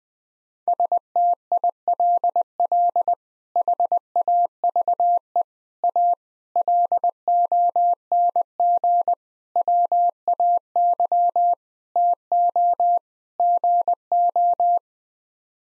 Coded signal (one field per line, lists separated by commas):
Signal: Morse code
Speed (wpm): 20 wpm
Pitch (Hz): 700 Hz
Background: none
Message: STILL HAVE A LONG WAY TO GO